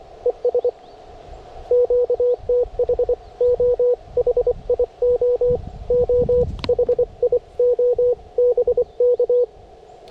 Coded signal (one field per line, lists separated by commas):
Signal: Morse code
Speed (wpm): 24 wpm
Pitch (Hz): 490 Hz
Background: radio noise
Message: ES QTH OHIO OHIO BK